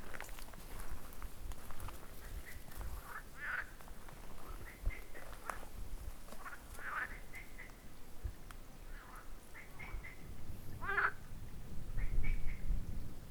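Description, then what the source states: Frog chorus of nasal, duck-like croaks repeated irregularly, several callers overlapping, one strong croak late on, low rumbling noise underneath. Recorded at Kalamos.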